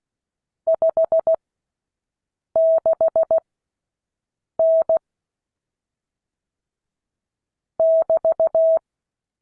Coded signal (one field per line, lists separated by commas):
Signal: Morse code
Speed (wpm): 16 wpm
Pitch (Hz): 650 Hz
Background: none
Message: 56N <BT>